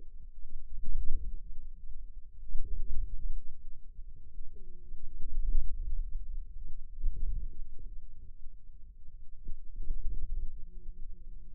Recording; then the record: forearm muscle sounds (acoustic myography)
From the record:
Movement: inward rotation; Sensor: system 2, bracelet of six BSWA MPA416 microphones around the upper forearm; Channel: 1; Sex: female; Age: 21 years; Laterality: right